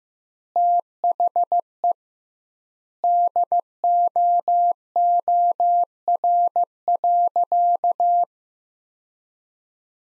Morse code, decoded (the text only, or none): THE DOOR.